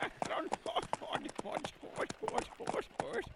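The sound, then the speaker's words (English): Horses' hooves clip-clop in a quick, steady rhythm as they pull a wagon around Devil's Tower, going a little too fast, each sharp knock repeating under a person talking. “Up until the 6th time that wagon went around Devil's Tower. Oh, slow, horses, slow down.”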